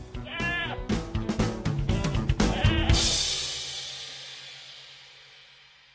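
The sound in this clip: Goat bleating in a tremulous, pulsing run of harmonic notes for about three seconds, then a broad noisy burst that slowly fades into hiss.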